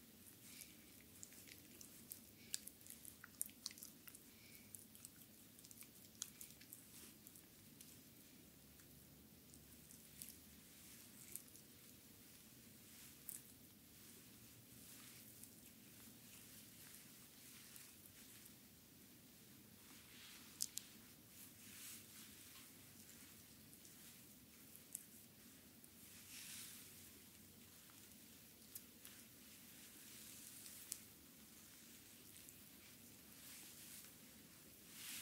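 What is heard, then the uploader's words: Feet being massaged with cream: a continuous wet, sticky squishing and rubbing that runs the whole time without pause. Small bright smacks and clicks pop up irregularly, several per second at times, over a low steady hum underneath. ASMR Foot, feet Massage with cream by Adel.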